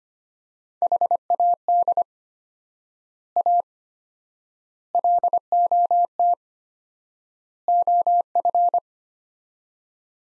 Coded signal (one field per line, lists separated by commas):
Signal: Morse code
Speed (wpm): 25 wpm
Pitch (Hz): 700 Hz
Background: none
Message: HAD A LOT OF